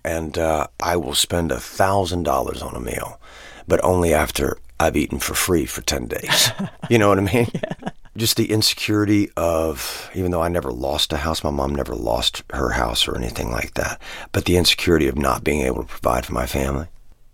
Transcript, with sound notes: And I will spend $1,000 on a meal, but only after I've eaten for free for 10 days.
(Laughter).
You know what I mean?
Yeah.
Just the insecurity of, even though I never lost a house, my mom never lost her house or anything like that - but the insecurity of not being able to provide for my family.